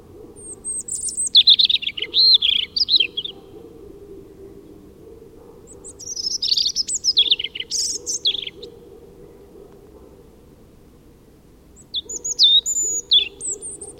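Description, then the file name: European robin singing three thin, high warbling phrases of trills and sliding notes, separated by pauses, over a faint low hum. "Erithacus rubecula"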